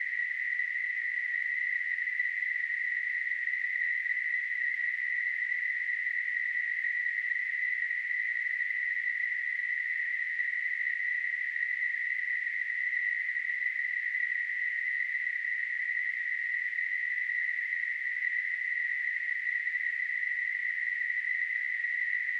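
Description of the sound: A steady, unbroken hissing ring centred near 2 kHz holds at a constant level for about 22 seconds, with no pauses or pulsing. It is a simulated tinnitus sample, imitating the continuous high-pitched ringing or hissing a person with tinnitus perceives.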